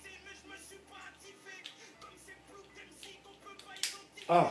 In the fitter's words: vache, c'est juste un tout petit clic, hein.